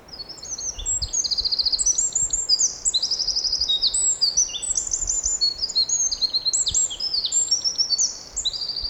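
Eurasian wren song, rapid high-pitched trills and sharp buzzy notes tumbling over one another almost without pause for nearly nine seconds, with faint background hiss.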